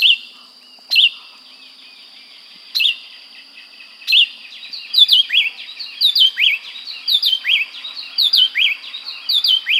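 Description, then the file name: Bird calls: isolated sharp chirps spaced a second or two apart, breaking into quick repeated twittering notes in the second half, over a constant high whine. "SABIOD 50 bird 2015"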